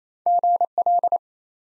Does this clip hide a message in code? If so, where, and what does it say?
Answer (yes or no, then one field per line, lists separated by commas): yes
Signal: Morse code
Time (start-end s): 0.3-1.2 s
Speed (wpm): 28 wpm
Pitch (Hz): 700 Hz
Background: none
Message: GL